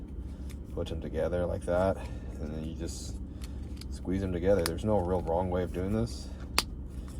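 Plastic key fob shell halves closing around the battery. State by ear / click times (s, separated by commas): seated / 6.6 s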